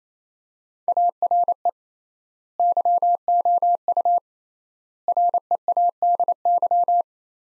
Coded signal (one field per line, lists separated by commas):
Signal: Morse code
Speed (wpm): 28 wpm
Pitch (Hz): 700 Hz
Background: none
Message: ARE YOU READY